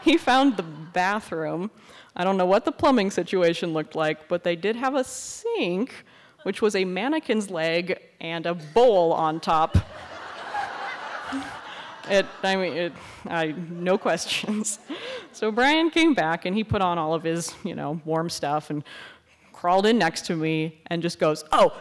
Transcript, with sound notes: He found the bathroom I don’t know what the plumbing situation looked like, but they did have a sink which was a mannequin’s leg and a bowl on top. [laughter] It, I mean, it, I, no questions. So Brian came back and he put all of his you know, warm stuff and crawled in next to me, and just goes, “Oh!